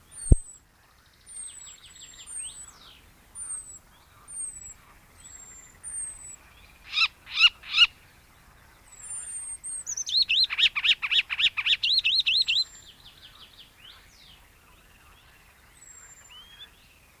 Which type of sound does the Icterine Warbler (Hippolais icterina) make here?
song